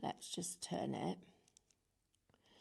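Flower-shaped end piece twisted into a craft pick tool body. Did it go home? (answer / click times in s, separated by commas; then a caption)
yes / 1.5 s, 1.6 s. A small flower-shaped end piece is popped back into a craft pick tool and twisted until it locks into place. Someone talks first, then two faint, sharp clicks come at 1.5 s and 1.6 s as the piece locks into the tool body, followed by quiet.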